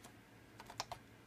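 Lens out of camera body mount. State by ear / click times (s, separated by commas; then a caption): released / 0.8 s. The lens release button on a Canon Rebel T5i SLR camera is pressed and the lens is turned counterclockwise to unlock it from the camera body's bayonet mount. Faint ticks come at about 0.6 and 0.7 s, a sharp click at 0.8 s, and a smaller tick at 0.9 s. The lens is released from the mount.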